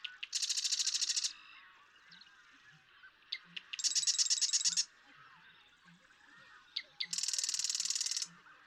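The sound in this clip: Marsh Wren singing three rattling, mechanical trills, each lasting roughly a second and often led by a few sharp clicks, with quiet pauses between songs.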